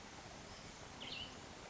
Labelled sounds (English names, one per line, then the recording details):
Cassin's Vireo
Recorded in Sonoma County, California